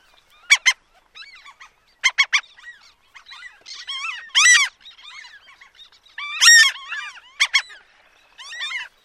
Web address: franklin s gull call